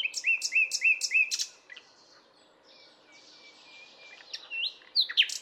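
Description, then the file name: Common nightingale song beginning with a series of loud, evenly spaced whistled notes, then a long, soft, sustained whistle, ending in sharp bright chirps. "Luscinia megarhynchos"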